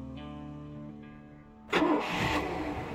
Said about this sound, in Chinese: 马达声声，船身开动，向着五珠村海域的方向。